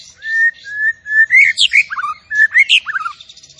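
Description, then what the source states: Zebra finch song opening with steady, level whistled notes, then breaking into rising and falling slurs and quick twittering phrases. Masteran training audio of a tembakan bird singing actively (gacor).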